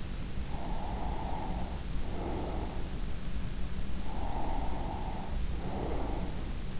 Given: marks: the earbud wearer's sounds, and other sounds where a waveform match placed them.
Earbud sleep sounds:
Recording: sounds in sleep by an in-ear microphone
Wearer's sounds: breath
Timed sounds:
0.49-3.10 s: breath
4.02-6.56 s: breath

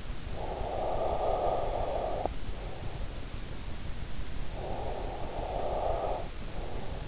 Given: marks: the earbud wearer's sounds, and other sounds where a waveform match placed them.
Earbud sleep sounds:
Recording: sounds in sleep by an in-ear microphone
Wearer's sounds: breath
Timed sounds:
0.24-2.75 s: breath
4.44-7.07 s: breath

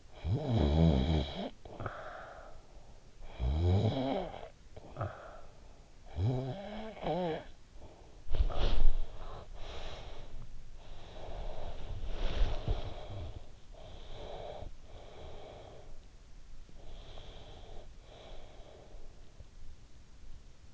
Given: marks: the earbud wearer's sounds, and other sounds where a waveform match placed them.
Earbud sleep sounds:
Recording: sounds in sleep by an in-ear microphone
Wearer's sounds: snoring breath, body movement, breath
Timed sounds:
0.00-5.71 s: snoring breath
5.83-8.26 s: snoring breath
8.26-9.43 s: body movement
8.26-19.43 s: breath
11.57-13.89 s: body movement

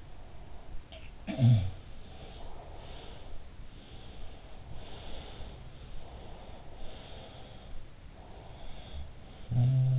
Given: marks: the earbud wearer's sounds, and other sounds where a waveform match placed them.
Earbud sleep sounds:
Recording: sounds in sleep by an in-ear microphone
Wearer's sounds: breath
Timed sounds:
0.00-2.58 s: breath
0.90-3.28 s: sound from someone else or the room
3.47-5.83 s: sound from someone else or the room
5.87-7.87 s: sound from someone else or the room
7.96-9.99 s: sound from someone else or the room

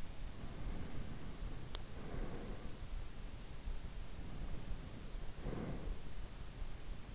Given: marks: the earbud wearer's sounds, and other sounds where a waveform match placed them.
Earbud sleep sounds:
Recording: sounds in sleep by an in-ear microphone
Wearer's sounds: breath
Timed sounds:
0.61-2.64 s: breath
3.97-6.20 s: breath

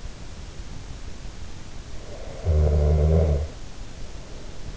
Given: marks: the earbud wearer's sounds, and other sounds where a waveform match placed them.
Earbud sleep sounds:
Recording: sounds in sleep by an in-ear microphone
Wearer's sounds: snoring breath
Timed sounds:
2.02-3.97 s: snoring breath

